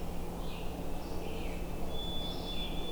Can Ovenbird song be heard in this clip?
no